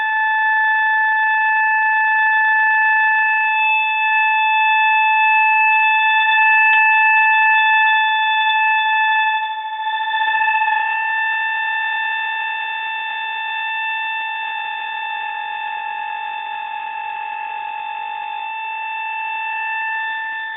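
A new kettle whistles in a steady, piercing high tone that holds unbroken for the whole stretch, with a brief dip near ten seconds.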